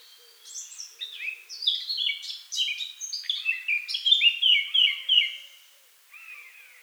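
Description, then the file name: Eurasian blackcap singing a rapid, jumbled warble of bright notes, growing richer and more whistled toward the end, followed by a short quieter phrase. "Sylvia atricapilla"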